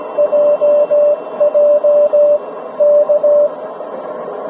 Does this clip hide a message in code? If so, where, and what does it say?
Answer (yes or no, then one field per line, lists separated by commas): yes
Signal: Morse code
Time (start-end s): 0.2-3.5 s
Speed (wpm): 18 wpm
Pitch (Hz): 590 Hz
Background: radio noise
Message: JJ K